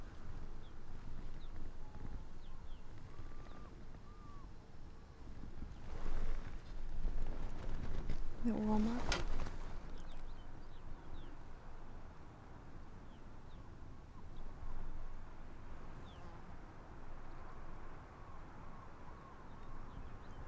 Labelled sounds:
Arctic Fox

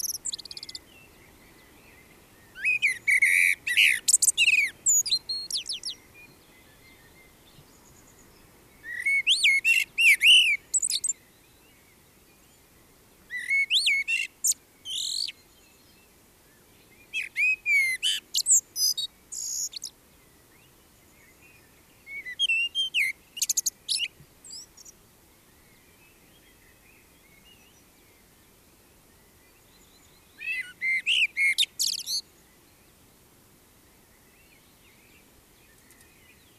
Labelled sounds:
Common Blackbird song

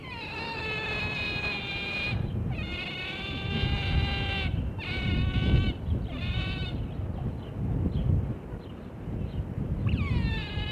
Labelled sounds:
European Otter call

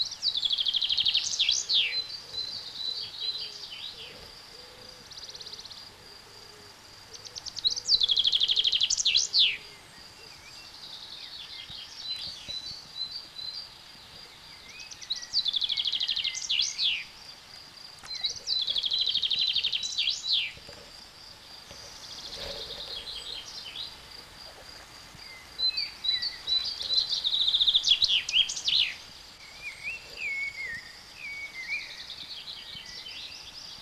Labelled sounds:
Common Chaffinch song

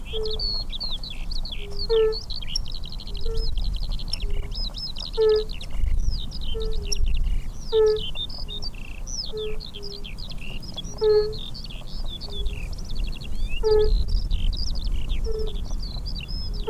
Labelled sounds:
Fire-Bellied Toad call

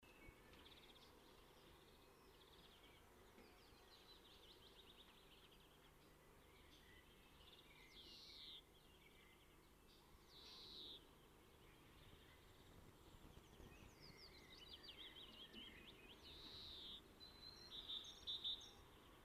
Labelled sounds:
European Greenfinch song

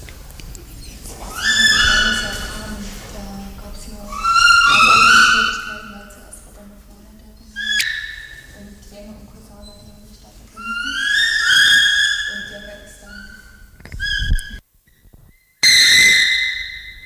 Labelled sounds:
Bonobo

